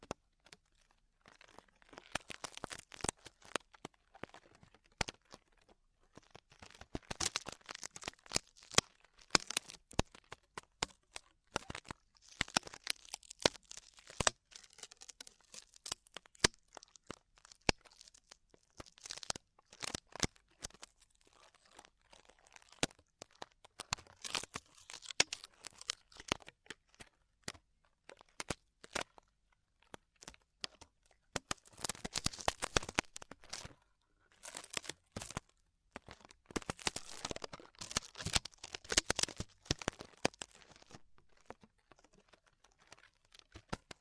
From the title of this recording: Extremely Tingly Ear Exploration